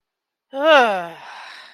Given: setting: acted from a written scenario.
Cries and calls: vocal sound without words; anger

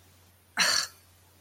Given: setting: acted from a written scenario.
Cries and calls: vocal sound without words; disgust

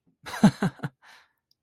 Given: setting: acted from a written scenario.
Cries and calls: vocal sound without words; amusement

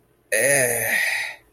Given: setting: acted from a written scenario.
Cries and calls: vocal sound without words; disgust

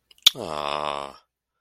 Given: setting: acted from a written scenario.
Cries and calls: vocal sound without words; sympathy

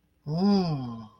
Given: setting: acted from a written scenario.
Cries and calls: vocal sound without words; serenity

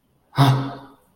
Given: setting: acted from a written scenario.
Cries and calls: vocal sound without words; negative surprise

